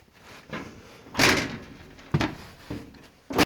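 The sheet-metal front cover of a floor-standing Bosch Greenstar Combi 151 combi boiler is pulled off by hand, one-handed and with no tools, lifting at the top while the bottom rests on a catch. The top comes free from a small spring pull catch with a sharp metallic snap at 2.1 s and 2.2 s, among softer rustles and knocks of the panel. The pull catch releases and the cover comes off.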